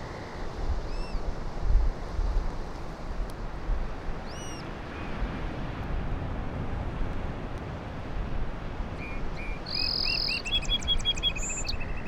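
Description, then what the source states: Song sparrow song of bright notes and a fast trill ending in a buzz, after a few faint scattered calls, all over a steady wash of surf. On Low Island; song sounded different from local town sparrows; distant surf throughout; very light breeze with a little wind noise; handheld Sony PCM-M10.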